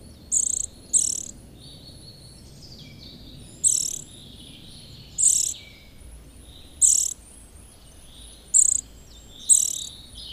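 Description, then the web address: Eurasian nuthatch calls: high, scratchy chirps, some doubled, repeated irregularly about every one to three seconds against a soft background hiss. "agykontroll Madardalok Cd 1. Csuszka"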